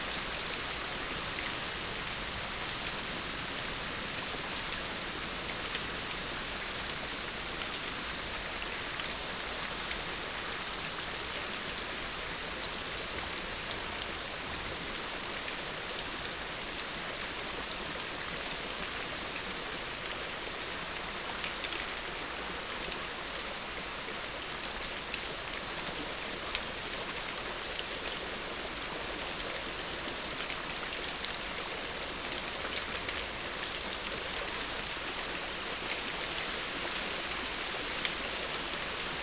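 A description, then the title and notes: Rain falls steadily in a forest, a dense, even hiss of countless drops that holds the same level for the whole stretch. The sound sits mostly in the bright upper range, with faint scattered ticks of individual drops and little low rumble underneath. Rain in the forest.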